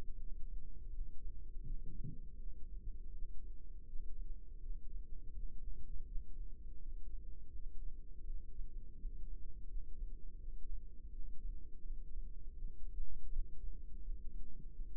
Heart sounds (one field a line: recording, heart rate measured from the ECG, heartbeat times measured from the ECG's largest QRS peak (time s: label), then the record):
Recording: heart sounds by microphone in the left ear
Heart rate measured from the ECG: 83 bpm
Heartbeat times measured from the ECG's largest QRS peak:
0.16 s: heartbeat
0.90 s: heartbeat
1.63 s: heartbeat
2.36 s: heartbeat
3.10 s: heartbeat
3.84 s: heartbeat
4.59 s: heartbeat
5.32 s: heartbeat
6.04 s: heartbeat
6.77 s: heartbeat
7.51 s: heartbeat
8.23 s: heartbeat
8.96 s: heartbeat
9.67 s: heartbeat
10.37 s: heartbeat
11.09 s: heartbeat
11.81 s: heartbeat
12.55 s: heartbeat
13.28 s: heartbeat
13.99 s: heartbeat
14.71 s: heartbeat
From the record:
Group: healthy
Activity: cold pressor test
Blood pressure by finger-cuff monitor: 173/113 mmHg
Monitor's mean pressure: 136 mmHg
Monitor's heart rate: 82 bpm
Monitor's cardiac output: 4.9 L/min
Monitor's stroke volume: 59 mL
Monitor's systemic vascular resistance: 2110 dyn s/cm5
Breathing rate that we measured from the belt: 14 breaths a minute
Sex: female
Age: 51 years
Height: 162 cm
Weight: 70.04 kg